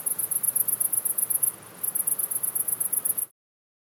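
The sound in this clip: Cricket making quick, high, ticking pulse trains, pausing once midway, then cutting off abruptly into silence after about three seconds.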